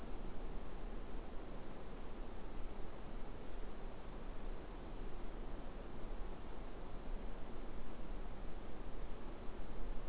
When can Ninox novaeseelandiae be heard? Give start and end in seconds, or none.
none